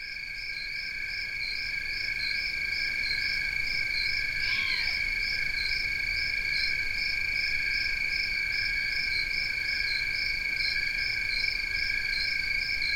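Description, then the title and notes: Crickets: two steady unbroken trills hold beneath a higher, regularly pulsing chirp. Recorded 16 August 2021, 4:00-4:30 am; maybe three cricket species (Western trilling cricket, fall field cricket, a tree cricket), uncertain. "Cricket pulse, owl beg. 16 August 2021 4:00-4:30 am Players: Hungry fledgling Great Horned Owls Maybe three separate species of crickets? Maybe Gryllus integer (Western trilling cricket), Gryllus pennsylvanicus (fall field cricket), and some kind of Oecanthus (tree cricket)?"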